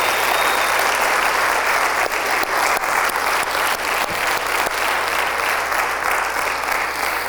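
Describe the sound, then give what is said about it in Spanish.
An audience at an afternoon church service applauds the Lord: a dense, sustained wash of many hands clapping at a loud, even level for several seconds, with a low hum underneath and no voices standing out. “Vamos a dar un aplauso al Señor en esta tarde.”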